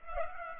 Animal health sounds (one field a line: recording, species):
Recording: mosquito wingbeat signal from an infrared sensor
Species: Culex pipiens